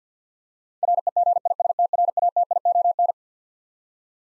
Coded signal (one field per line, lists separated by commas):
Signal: Morse code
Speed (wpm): 50 wpm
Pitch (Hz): 700 Hz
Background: none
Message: REGISTRATION